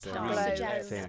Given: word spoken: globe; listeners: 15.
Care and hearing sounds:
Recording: one English word in noise, from a listening test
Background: four-talker babble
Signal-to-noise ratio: 0.6 dB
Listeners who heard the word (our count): 5 of 15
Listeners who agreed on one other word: 6 of 15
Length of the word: 0.69 s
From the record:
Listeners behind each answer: 6, 5, 2, 1, 1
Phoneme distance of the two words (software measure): 7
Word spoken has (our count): 1 syllable, 4 phonemes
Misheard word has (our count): 1 syllable, 3 phonemes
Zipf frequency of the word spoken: 4.07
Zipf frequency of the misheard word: 3.75

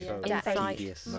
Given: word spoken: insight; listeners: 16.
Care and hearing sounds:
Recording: one English word in noise, from a listening test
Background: four-talker babble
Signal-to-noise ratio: -2.0 dB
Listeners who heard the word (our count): 1 of 16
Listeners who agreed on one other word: 8 of 16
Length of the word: 0.79 s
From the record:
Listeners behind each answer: 8, 2, 1, 1, 1, 1, 1, 1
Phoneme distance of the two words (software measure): 40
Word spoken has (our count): 2 syllables, 5 phonemes, stress on syllable 1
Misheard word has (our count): 2 syllables, 5 phonemes, stress on syllable 2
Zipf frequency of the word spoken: 3.93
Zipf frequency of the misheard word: 3.82

